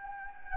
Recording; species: mosquito wingbeat signal from an infrared sensor; Anopheles gambiae